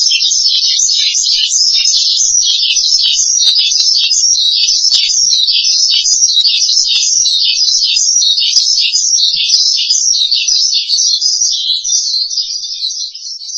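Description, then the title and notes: Starling warbling in fast repeated rippling phrases, roughly two or three per second, continuous and shrill, fading a little at the close. "suara burung jalak"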